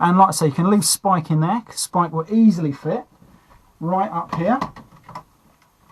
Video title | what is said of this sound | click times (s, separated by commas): Transformers G1 FORTRESS MAXIMUS Review | and then just basically ease him into position. He clicks into place like that with Spike in place, | 5.2 s